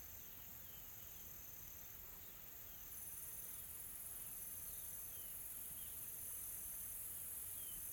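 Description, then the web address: Insects hum in a constant shrill high buzz that grows slightly louder midway. Calm, soft insect ambience recorded in a tropical forest in South Africa. "Smart Sound FX - Nature South Africa AMBIENCE Additional Tropical Forest Soft Insects Calm"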